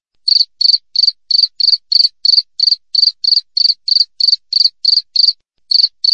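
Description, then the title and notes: Cricket repeating clear, high chirps of a few fast pulses, about three a second, with a short break near the end. Clear natural cricket sound with tightly spaced chirps, intended as a master recording for training songbirds and for repelling rats. "Masteran Jangkrik Alam Jernih, Jeda Rapat Cocok Untuk Masteran Burung Dan Mengusir Tikus. suara jangkrik"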